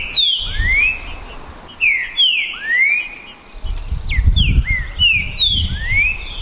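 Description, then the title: Green-winged saltator song of bright whistles, rising slurs and falling sweeps given in clusters, with a low rumble underneath. Song contest (disputa) between trinca-ferro birds Naval and Demolidor, 2022 season; birds calling, singing and 'macheando' in the contest. "TRINCA Piando, Cantando E Macheando Na DISPUTA. DISPUTA DE TRINCA FERRO NAVAL VS DEMOLIDOR 2022 TEMPORADA 2022"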